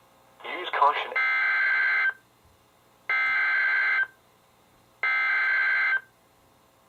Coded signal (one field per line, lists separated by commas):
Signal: Emergency Alert System (SAME) tones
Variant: header bursts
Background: speech